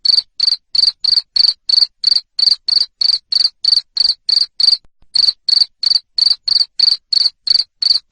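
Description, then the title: Cricket giving repeated shrill chirps at a brisk regular rhythm, with a single brief pause midway. Loud cricket chirping played to stimulate lovebirds to keep singing. "Suara JANGKRIK NGERIK Keras Bikin LOVEBIRD Jadi NGEKEK Terus"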